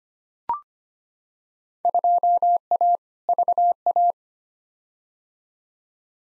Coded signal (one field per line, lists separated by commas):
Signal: Morse code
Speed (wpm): 25 wpm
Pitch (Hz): 700 Hz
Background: none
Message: 2A VA